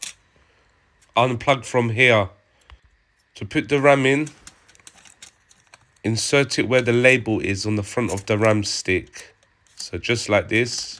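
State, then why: Not seated. A DDR4 memory module for an ASUS TUF Gaming FX705DY laptop is picked up and lined up label side up before going into the empty memory slot, with only small handling taps heard while someone talks. Nothing has seated or clicked yet.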